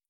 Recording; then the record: hydrophone in a shrimp aquaculture tank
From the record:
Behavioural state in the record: feeding